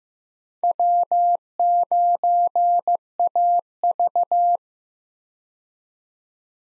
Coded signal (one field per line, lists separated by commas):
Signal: Morse code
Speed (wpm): 15 wpm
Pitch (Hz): 700 Hz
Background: none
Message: W9AV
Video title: 2023 POTA Hunter Call Signs - 15wpm